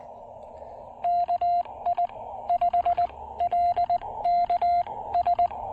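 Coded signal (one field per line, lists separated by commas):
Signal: Morse code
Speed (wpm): 19 wpm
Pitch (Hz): 700 Hz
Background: none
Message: KI5LKS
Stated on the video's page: Morse from a QRP picnic-table POTA park activation using CHA MPAS Lite and CHA UCM antennas.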